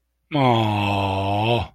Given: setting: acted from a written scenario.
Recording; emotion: vocal sound without words; disappointment